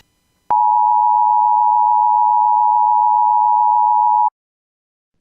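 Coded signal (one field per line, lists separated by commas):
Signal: Emergency Alert System (SAME) tones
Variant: 853 and 960 Hz attention tone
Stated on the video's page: Fictional scenario based on the game Grand Theft Auto San Andreas; contains valid EAS tones.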